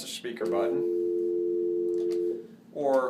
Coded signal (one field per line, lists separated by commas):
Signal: telephone call progress tone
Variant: North America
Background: speech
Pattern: dial tone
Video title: 9951 Cisco IP phone tutorial